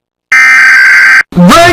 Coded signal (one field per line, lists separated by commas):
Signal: Emergency Alert System (SAME) tones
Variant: header bursts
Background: speech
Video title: rating 1$ EAS alarms | a doge channel YTP (EARRAPE)